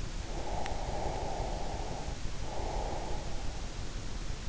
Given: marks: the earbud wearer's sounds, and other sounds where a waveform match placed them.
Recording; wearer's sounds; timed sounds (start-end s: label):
sounds in sleep by an in-ear microphone; breath
0.34-3.35 s: breath